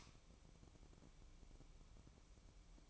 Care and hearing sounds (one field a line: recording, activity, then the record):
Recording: daily activity, microphone in the room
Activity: light on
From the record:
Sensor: 1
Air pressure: 1007.9 hPa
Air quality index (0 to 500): 126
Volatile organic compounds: 2 ppm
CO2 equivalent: 1059 ppm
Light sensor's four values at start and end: 9/21/8/9 and 13/38/15/16